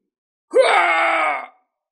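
A wounded man lets out a single loud, strained scream of pain lasting about a second, rising sharply at the start then holding a rough, harmonic-rich cry before cutting off.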